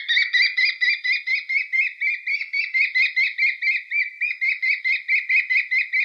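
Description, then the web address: American kestrel calling, a long rapid series of shrill, sharp klee notes repeated without pause. "Schulze Peter American Kestrel"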